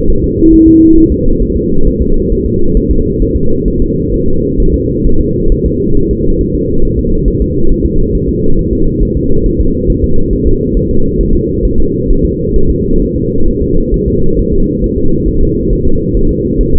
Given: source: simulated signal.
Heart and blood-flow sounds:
fetal heart sounds
0.10 s: S1
0.24 s: S2
0.54 s: S1
0.68 s: S2
0.98 s: S1
1.12 s: S2
1.43 s: S1
1.57 s: S2
1.87 s: S1
2.02 s: S2
2.32 s: S1
2.46 s: S2
2.77 s: S1
2.91 s: S2
3.22 s: S1
3.37 s: S2
3.68 s: S1
3.82 s: S2
4.14 s: S1
4.28 s: S2
4.60 s: S1
4.74 s: S2
5.06 s: S1
5.21 s: S2
5.52 s: S1
5.66 s: S2
5.97 s: S1
6.11 s: S2
6.41 s: S1
6.55 s: S2
6.85 s: S1
6.99 s: S2
7.28 s: S1
7.42 s: S2
7.71 s: S1
7.86 s: S2
8.15 s: S1
8.29 s: S2
8.59 s: S1
8.73 s: S2
9.03 s: S1
9.17 s: S2
9.46 s: S1
9.60 s: S2
9.90 s: S1
10.04 s: S2
10.33 s: S1
10.47 s: S2
10.77 s: S1
10.91 s: S2
11.21 s: S1
11.35 s: S2
11.65 s: S1
11.80 s: S2
12.10 s: S1
12.25 s: S2
12.56 s: S1
12.70 s: S2
13.02 s: S1
13.16 s: S2
13.48 s: S1
13.62 s: S2
13.94 s: S1
14.08 s: S2
14.39 s: S1
14.53 s: S2
14.84 s: S1
14.98 s: S2
15.29 s: S1
15.43 s: S2
15.73 s: S1
15.87 s: S2
16.17 s: S1
16.31 s: S2
16.61 s: S1
16.75 s: S2
From the record:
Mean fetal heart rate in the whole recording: 135 bpm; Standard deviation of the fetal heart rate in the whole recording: 3 bpm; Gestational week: 36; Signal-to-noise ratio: -19.1 dB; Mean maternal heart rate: 72 bpm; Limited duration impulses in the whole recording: present

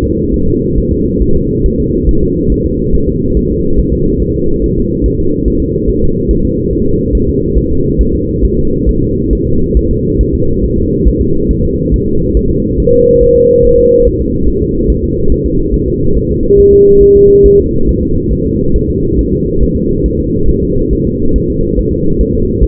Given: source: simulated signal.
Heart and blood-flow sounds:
fetal heart sounds
0.04 s: S2
0.34 s: S1
0.48 s: S2
0.78 s: S1
0.92 s: S2
1.22 s: S1
1.36 s: S2
1.66 s: S1
1.80 s: S2
2.09 s: S1
2.23 s: S2
2.52 s: S1
2.66 s: S2
2.95 s: S1
3.09 s: S2
3.37 s: S1
3.51 s: S2
3.79 s: S1
3.93 s: S2
4.22 s: S1
4.36 s: S2
4.64 s: S1
4.78 s: S2
5.06 s: S1
5.20 s: S2
5.48 s: S1
5.62 s: S2
5.90 s: S1
6.04 s: S2
6.31 s: S1
6.45 s: S2
6.73 s: S1
6.87 s: S2
7.15 s: S1
7.29 s: S2
7.58 s: S1
7.72 s: S2
8.01 s: S1
8.15 s: S2
8.45 s: S1
8.59 s: S2
8.89 s: S1
9.03 s: S2
9.33 s: S1
9.47 s: S2
9.77 s: S1
9.91 s: S2
10.21 s: S1
10.35 s: S2
10.64 s: S1
10.78 s: S2
11.08 s: S1
11.22 s: S2
11.51 s: S1
11.65 s: S2
11.94 s: S1
12.08 s: S2
12.37 s: S1
12.51 s: S2
12.80 s: S1
12.94 s: S2
13.23 s: S1
13.37 s: S2
13.65 s: S1
13.79 s: S2
14.07 s: S1
14.21 s: S2
14.48 s: S1
14.62 s: S2
14.90 s: S1
15.04 s: S2
15.32 s: S1
15.46 s: S2
15.74 s: S1
15.88 s: S2
16.17 s: S1
16.31 s: S2
16.59 s: S1
16.73 s: S2
17.03 s: S1
17.16 s: S2
17.46 s: S1
17.60 s: S2
17.89 s: S1
18.03 s: S2
18.33 s: S1
18.47 s: S2
18.76 s: S1
18.90 s: S2
19.19 s: S1
19.33 s: S2
19.63 s: S1
19.77 s: S2
20.06 s: S1
20.20 s: S2
20.49 s: S1
20.64 s: S2
20.93 s: S1
21.07 s: S2
21.36 s: S1
21.50 s: S2
21.79 s: S1
21.93 s: S2
22.21 s: S1
22.35 s: S2
22.64 s: S1
From the record:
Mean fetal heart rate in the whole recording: 140 bpm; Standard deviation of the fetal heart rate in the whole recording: 2 bpm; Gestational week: 34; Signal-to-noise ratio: -16.4 dB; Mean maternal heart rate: 72 bpm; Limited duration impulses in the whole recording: present

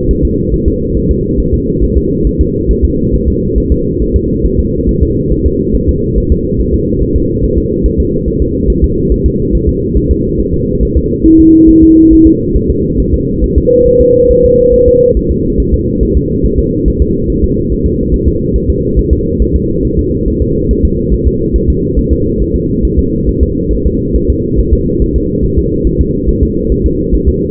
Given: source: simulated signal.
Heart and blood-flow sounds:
fetal heart sounds
0.11 s: S1
0.25 s: S2
0.54 s: S1
0.68 s: S2
0.97 s: S1
1.11 s: S2
1.40 s: S1
1.54 s: S2
1.83 s: S1
1.97 s: S2
2.27 s: S1
2.41 s: S2
2.71 s: S1
2.85 s: S2
3.14 s: S1
3.28 s: S2
3.58 s: S1
3.72 s: S2
4.02 s: S1
4.16 s: S2
4.45 s: S1
4.59 s: S2
4.89 s: S1
5.03 s: S2
5.32 s: S1
5.46 s: S2
5.75 s: S1
5.89 s: S2
6.18 s: S1
6.32 s: S2
6.60 s: S1
6.74 s: S2
7.02 s: S1
7.16 s: S2
7.44 s: S1
7.58 s: S2
7.86 s: S1
8.00 s: S2
8.28 s: S1
8.42 s: S2
8.70 s: S1
8.84 s: S2
9.12 s: S1
9.26 s: S2
9.55 s: S1
9.69 s: S2
9.97 s: S1
10.11 s: S2
10.40 s: S1
10.54 s: S2
10.83 s: S1
10.97 s: S2
11.26 s: S1
11.40 s: S2
11.69 s: S1
11.83 s: S2
12.13 s: S1
12.27 s: S2
12.56 s: S1
12.70 s: S2
13.00 s: S1
13.14 s: S2
13.44 s: S1
13.58 s: S2
13.87 s: S1
14.01 s: S2
14.31 s: S1
14.45 s: S2
14.74 s: S1
14.88 s: S2
15.17 s: S1
15.31 s: S2
15.60 s: S1
15.74 s: S2
16.03 s: S1
16.17 s: S2
16.45 s: S1
16.59 s: S2
16.88 s: S1
17.02 s: S2
17.30 s: S1
17.44 s: S2
17.72 s: S1
17.86 s: S2
18.14 s: S1
18.28 s: S2
18.56 s: S1
18.70 s: S2
18.99 s: S1
19.13 s: S2
19.42 s: S1
19.56 s: S2
19.85 s: S1
19.99 s: S2
20.28 s: S1
20.42 s: S2
20.71 s: S1
20.85 s: S2
21.14 s: S1
21.27 s: S2
21.56 s: S1
21.70 s: S2
21.99 s: S1
22.13 s: S2
22.42 s: S1
22.55 s: S2
22.85 s: S1
22.99 s: S2
23.29 s: S1
23.43 s: S2
23.73 s: S1
23.86 s: S2
24.16 s: S1
24.30 s: S2
24.59 s: S1
24.73 s: S2
25.02 s: S1
25.16 s: S2
25.45 s: S1
25.58 s: S2
25.87 s: S1
26.01 s: S2
26.29 s: S1
26.43 s: S2
26.72 s: S1
26.86 s: S2
27.14 s: S1
27.28 s: S2
From the record:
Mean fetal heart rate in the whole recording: 140 bpm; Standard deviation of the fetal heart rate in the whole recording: 2 bpm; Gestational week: 34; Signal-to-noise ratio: -10.2 dB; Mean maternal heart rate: 72 bpm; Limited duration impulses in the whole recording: present

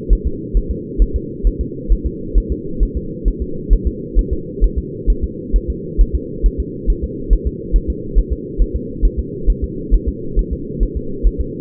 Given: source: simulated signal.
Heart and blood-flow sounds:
fetal heart sounds
0.13 s: S1
0.27 s: S2
0.57 s: S1
0.71 s: S2
1.02 s: S1
1.16 s: S2
1.47 s: S1
1.61 s: S2
1.92 s: S1
2.06 s: S2
2.38 s: S1
2.52 s: S2
2.83 s: S1
2.97 s: S2
3.28 s: S1
3.42 s: S2
3.73 s: S1
3.87 s: S2
4.19 s: S1
4.33 s: S2
4.64 s: S1
4.78 s: S2
5.10 s: S1
5.24 s: S2
5.56 s: S1
5.70 s: S2
6.01 s: S1
6.15 s: S2
6.46 s: S1
6.60 s: S2
6.90 s: S1
7.04 s: S2
7.33 s: S1
7.47 s: S2
7.76 s: S1
7.90 s: S2
8.19 s: S1
8.33 s: S2
8.62 s: S1
8.76 s: S2
9.05 s: S1
9.19 s: S2
9.50 s: S1
9.64 s: S2
9.94 s: S1
10.09 s: S2
10.39 s: S1
10.53 s: S2
10.83 s: S1
10.97 s: S2
11.27 s: S1
11.41 s: S2
From the record:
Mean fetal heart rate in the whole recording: 135 bpm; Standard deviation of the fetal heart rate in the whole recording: 3 bpm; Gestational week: 36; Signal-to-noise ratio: -4.3 dB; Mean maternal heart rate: 72 bpm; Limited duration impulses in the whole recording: absent

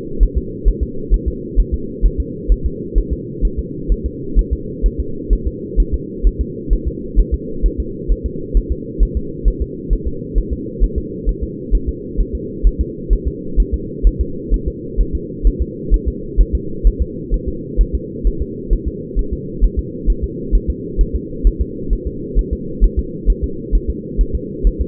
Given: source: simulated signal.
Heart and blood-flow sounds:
fetal heart sounds
0.23 s: S1
0.38 s: S2
0.68 s: S1
0.83 s: S2
1.14 s: S1
1.28 s: S2
1.59 s: S1
1.74 s: S2
2.06 s: S1
2.20 s: S2
2.52 s: S1
2.66 s: S2
2.98 s: S1
3.13 s: S2
3.45 s: S1
3.59 s: S2
3.92 s: S1
4.06 s: S2
4.39 s: S1
4.53 s: S2
4.86 s: S1
5.00 s: S2
5.33 s: S1
5.47 s: S2
5.80 s: S1
5.94 s: S2
6.27 s: S1
6.41 s: S2
6.73 s: S1
6.88 s: S2
7.19 s: S1
7.34 s: S2
7.66 s: S1
7.80 s: S2
8.12 s: S1
8.26 s: S2
8.57 s: S1
8.72 s: S2
9.03 s: S1
9.17 s: S2
9.48 s: S1
9.62 s: S2
9.93 s: S1
10.07 s: S2
10.38 s: S1
10.53 s: S2
10.84 s: S1
10.98 s: S2
11.29 s: S1
11.43 s: S2
11.75 s: S1
11.89 s: S2
12.21 s: S1
12.35 s: S2
12.67 s: S1
12.81 s: S2
13.13 s: S1
13.28 s: S2
13.60 s: S1
13.74 s: S2
14.07 s: S1
14.21 s: S2
14.54 s: S1
14.68 s: S2
15.01 s: S1
15.15 s: S2
15.47 s: S1
15.62 s: S2
15.94 s: S1
16.08 s: S2
16.41 s: S1
16.55 s: S2
16.87 s: S1
17.02 s: S2
17.34 s: S1
17.49 s: S2
17.81 s: S1
17.95 s: S2
18.27 s: S1
18.42 s: S2
18.73 s: S1
18.88 s: S2
19.19 s: S1
19.33 s: S2
19.64 s: S1
19.79 s: S2
20.10 s: S1
20.24 s: S2
20.55 s: S1
20.70 s: S2
21.01 s: S1
21.16 s: S2
21.47 s: S1
21.61 s: S2
21.93 s: S1
22.07 s: S2
22.39 s: S1
22.53 s: S2
22.84 s: S1
22.99 s: S2
23.30 s: S1
23.44 s: S2
23.75 s: S1
23.90 s: S2
24.21 s: S1
24.35 s: S2
24.67 s: S1
24.81 s: S2
From the record:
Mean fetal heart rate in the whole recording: 130 bpm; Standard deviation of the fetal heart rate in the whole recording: 2 bpm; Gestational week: 36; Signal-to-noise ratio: -4.3 dB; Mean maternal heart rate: 72 bpm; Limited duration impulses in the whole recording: absent

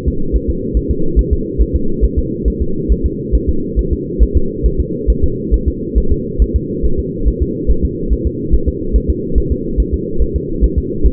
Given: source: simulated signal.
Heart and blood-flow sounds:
fetal heart sounds
0.08 s: S2
0.36 s: S1
0.50 s: S2
0.77 s: S1
0.91 s: S2
1.19 s: S1
1.33 s: S2
1.61 s: S1
1.75 s: S2
2.04 s: S1
2.19 s: S2
2.48 s: S1
2.62 s: S2
2.92 s: S1
3.06 s: S2
3.35 s: S1
3.49 s: S2
3.79 s: S1
3.93 s: S2
4.22 s: S1
4.37 s: S2
4.66 s: S1
4.80 s: S2
5.10 s: S1
5.24 s: S2
5.54 s: S1
5.68 s: S2
5.98 s: S1
6.12 s: S2
6.42 s: S1
6.56 s: S2
6.85 s: S1
6.99 s: S2
7.28 s: S1
7.42 s: S2
7.71 s: S1
7.85 s: S2
8.13 s: S1
8.27 s: S2
8.54 s: S1
8.68 s: S2
8.96 s: S1
9.10 s: S2
9.38 s: S1
9.52 s: S2
9.80 s: S1
9.94 s: S2
10.22 s: S1
10.36 s: S2
10.64 s: S1
10.78 s: S2
11.06 s: S1
From the record:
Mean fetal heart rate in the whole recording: 140 bpm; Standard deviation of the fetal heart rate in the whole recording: 2 bpm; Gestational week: 34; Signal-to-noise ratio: -8.1 dB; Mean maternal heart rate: 72 bpm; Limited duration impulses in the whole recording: absent

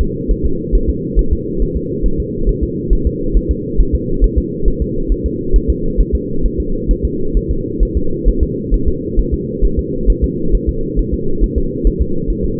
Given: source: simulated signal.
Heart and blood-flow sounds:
fetal heart sounds
0.01 s: S2
0.31 s: S1
0.45 s: S2
0.75 s: S1
0.90 s: S2
1.19 s: S1
1.33 s: S2
1.62 s: S1
1.77 s: S2
2.06 s: S1
2.20 s: S2
2.49 s: S1
2.63 s: S2
2.93 s: S1
3.07 s: S2
3.37 s: S1
3.51 s: S2
3.80 s: S1
3.95 s: S2
4.24 s: S1
4.38 s: S2
4.68 s: S1
4.82 s: S2
5.12 s: S1
5.26 s: S2
5.56 s: S1
5.70 s: S2
6.01 s: S1
6.15 s: S2
6.46 s: S1
6.60 s: S2
6.91 s: S1
7.05 s: S2
7.37 s: S1
7.51 s: S2
7.83 s: S1
7.97 s: S2
8.28 s: S1
8.43 s: S2
8.74 s: S1
8.88 s: S2
9.19 s: S1
9.34 s: S2
9.65 s: S1
9.79 s: S2
10.10 s: S1
10.24 s: S2
10.55 s: S1
10.69 s: S2
10.99 s: S1
11.14 s: S2
11.44 s: S1
11.58 s: S2
11.87 s: S1
12.02 s: S2
12.30 s: S1
12.45 s: S2
From the record:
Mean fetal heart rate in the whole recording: 135 bpm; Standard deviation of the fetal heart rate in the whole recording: 3 bpm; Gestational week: 36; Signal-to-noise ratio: -8.1 dB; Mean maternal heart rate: 72 bpm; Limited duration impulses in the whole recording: absent

